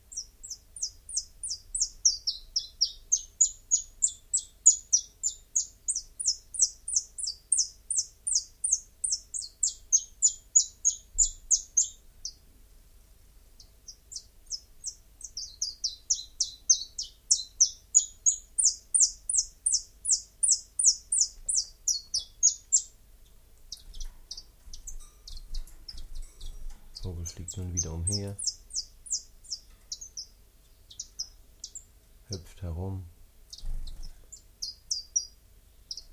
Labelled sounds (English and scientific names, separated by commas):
Common Chiffchaff (Phylloscopus collybita) song